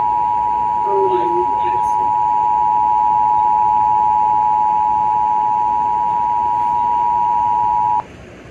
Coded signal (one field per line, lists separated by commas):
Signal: Emergency Alert System (SAME) tones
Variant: 853 and 960 Hz attention tone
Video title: WELCOME HOME. 3,000 ALERTS!!! || EAS Alerts from August 17, 2024 (EAS #2,959-3,006)